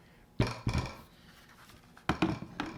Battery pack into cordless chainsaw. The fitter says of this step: and once you hear that click you're in you're golden now right here